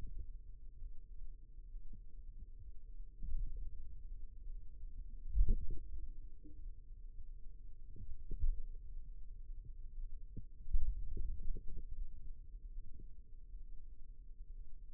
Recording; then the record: forearm muscle sounds (acoustic myography)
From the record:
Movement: pen grasping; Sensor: system 2, bracelet of six BSWA MPA416 microphones around the upper forearm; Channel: 4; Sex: male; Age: 22 years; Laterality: right